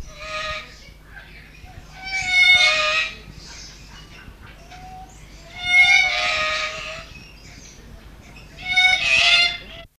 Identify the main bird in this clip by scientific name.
Lorius lory